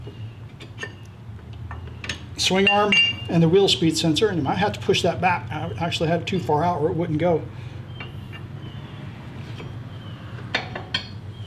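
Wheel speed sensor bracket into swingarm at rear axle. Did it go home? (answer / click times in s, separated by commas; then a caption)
yes / 11.0 s. On a Harley touring bike, the rear wheel speed sensor bracket is slid down between the swingarm and the wheel speed sensor at the rear axle and pushed home while the rear wheel is being installed. Someone talks over a few light clinks near the start, then sharp hits sound near the end. The bracket snaps into place with a click at 11.0 s.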